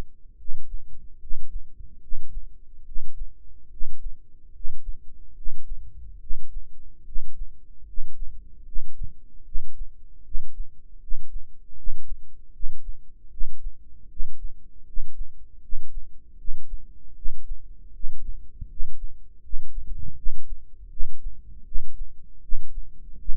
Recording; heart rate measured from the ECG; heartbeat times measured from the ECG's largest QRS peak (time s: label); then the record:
heart sounds by microphone in the right ear; 76 bpm
0.36 s: heartbeat
1.19 s: heartbeat
1.99 s: heartbeat
2.84 s: heartbeat
3.69 s: heartbeat
4.52 s: heartbeat
5.34 s: heartbeat
6.18 s: heartbeat
7.04 s: heartbeat
7.85 s: heartbeat
8.64 s: heartbeat
9.43 s: heartbeat
10.23 s: heartbeat
10.99 s: heartbeat
11.75 s: heartbeat
12.52 s: heartbeat
13.29 s: heartbeat
14.08 s: heartbeat
14.85 s: heartbeat
15.60 s: heartbeat
16.36 s: heartbeat
17.14 s: heartbeat
17.92 s: heartbeat
18.67 s: heartbeat
19.41 s: heartbeat
20.15 s: heartbeat
20.89 s: heartbeat
21.64 s: heartbeat
22.41 s: heartbeat
23.17 s: heartbeat
From the record:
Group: healthy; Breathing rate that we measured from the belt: 17 breaths a minute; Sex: male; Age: 35 years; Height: 180 cm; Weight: 86.9 kg